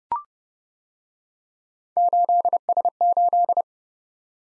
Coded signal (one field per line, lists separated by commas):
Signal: Morse code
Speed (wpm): 29 wpm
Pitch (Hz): 700 Hz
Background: none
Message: 8S8